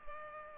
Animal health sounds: mosquito wingbeat signal from an infrared sensor; Culex pipiens

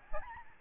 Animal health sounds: mosquito wingbeat signal from an infrared sensor; Aedes albopictus

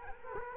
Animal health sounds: mosquito wingbeat signal from an infrared sensor; Culex quinquefasciatus

